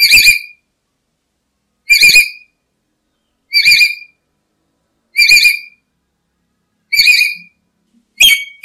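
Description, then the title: Black-capped lory uttering single loud, harsh screeches at intervals of nearly two seconds, with quiet gaps between. "n0r1 kp4la-H1T4M. Nuri merah kepala hitam"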